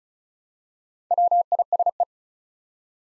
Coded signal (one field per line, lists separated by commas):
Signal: Morse code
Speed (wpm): 36 wpm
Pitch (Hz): 700 Hz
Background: none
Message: WISE